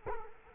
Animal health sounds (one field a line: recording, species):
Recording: mosquito wingbeat signal from an infrared sensor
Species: Culex quinquefasciatus